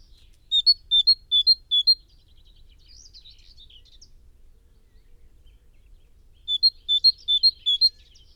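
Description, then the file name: Great tit song: a clear two-note phrase, high then slightly higher, repeated four times, then a pause with faint twittering before another run of four phrases. "Parus major"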